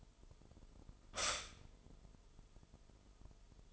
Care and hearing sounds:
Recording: daily activity, microphone in the room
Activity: stop toaster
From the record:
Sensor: 5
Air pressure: 988.7 hPa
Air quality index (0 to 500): 233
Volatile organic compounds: 184 ppm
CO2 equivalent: 4158 ppm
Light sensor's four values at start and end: 40/124/48/51 and 40/124/48/51

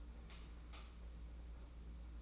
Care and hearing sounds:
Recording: daily activity, microphone in the room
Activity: light off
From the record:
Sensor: 1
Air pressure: 991.9 hPa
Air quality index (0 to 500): 212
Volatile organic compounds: 1000 ppm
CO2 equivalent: 8228 ppm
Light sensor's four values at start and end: 20/62/25/25 and 10/22/9/10

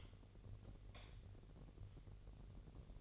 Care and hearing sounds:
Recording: daily activity, microphone in the room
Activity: light off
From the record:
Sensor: 4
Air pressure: 1012.8 hPa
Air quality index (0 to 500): 249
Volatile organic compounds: 4 ppm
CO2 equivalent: 1697 ppm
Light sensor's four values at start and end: 17/44/17/18 and 15/34/14/14

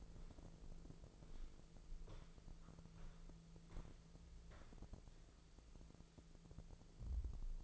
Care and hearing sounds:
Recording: daily activity, microphone in the room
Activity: walk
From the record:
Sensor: 5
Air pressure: 1005.6 hPa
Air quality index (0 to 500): 91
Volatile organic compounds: 2 ppm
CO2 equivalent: 1105 ppm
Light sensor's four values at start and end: 33/76/30/29 and 33/76/30/29

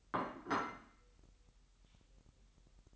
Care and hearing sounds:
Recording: daily activity, microphone in the room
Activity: place plate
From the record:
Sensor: 3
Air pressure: 1002.0 hPa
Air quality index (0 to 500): 247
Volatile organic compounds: 51 ppm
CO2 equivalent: 3305 ppm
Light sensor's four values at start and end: 12/37/16/13 and 12/37/16/13

